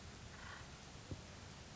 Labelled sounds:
Acorn Woodpecker (Melanerpes formicivorus)
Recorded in Sonoma County, California

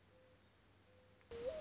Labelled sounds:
Mourning Dove (Zenaida macroura)
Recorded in Sonoma County, California

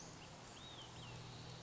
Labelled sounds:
Olive-sided Flycatcher (Contopus cooperi)
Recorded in Sonoma County, California

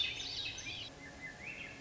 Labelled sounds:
Swainson's Thrush (Catharus ustulatus)
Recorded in Sonoma County, California

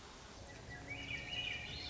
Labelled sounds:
Swainson's Thrush (Catharus ustulatus)
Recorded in Sonoma County, California

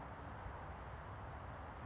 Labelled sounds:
California Towhee (Melozone crissalis)
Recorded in Sonoma County, California

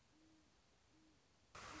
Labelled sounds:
Great Horned Owl (Bubo virginianus)
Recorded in Sonoma County, California

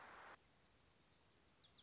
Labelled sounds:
Wilson's Warbler (Cardellina pusilla)
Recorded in Sonoma County, California

